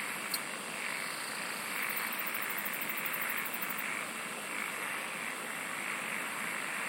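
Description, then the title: Insect chorus with an unbroken high shrill tone, a sharp click at the start and a rapid pulsing trill in the middle, over steady hiss. "SINGING OF INSECTS"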